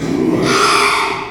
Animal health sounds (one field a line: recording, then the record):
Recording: squeal of a Yucatan mini pig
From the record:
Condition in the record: after surgery on the right vocal fold (resection and tissue-engineered implant)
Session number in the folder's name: 1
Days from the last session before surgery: 6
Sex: male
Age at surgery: 12 weeks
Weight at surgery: 13 kg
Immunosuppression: cyclosporine, prednisolone